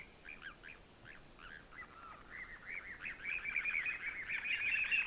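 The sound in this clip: Bird calls: scattered soft chirps at first, building into a louder, rapid twittering trill over the final two seconds.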